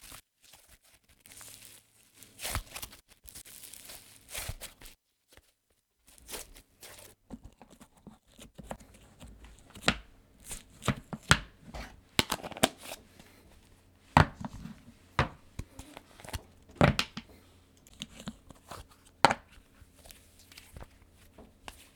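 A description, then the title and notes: Slime being handled gives a run of sharp, wet pops and squelches that sound irregularly, sparse early on and denser from about ten seconds. Sticky crinkling and soft tearing noises fill the gaps over a faint low hum. Slime ASMR.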